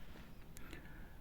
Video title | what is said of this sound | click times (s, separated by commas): How to change Speaker from car door - Speaker upgradation - car window glass repair - Car Service | तो push करते ही ये lock हो जाएगा। ठीक है, | 0.6 s, 0.7 s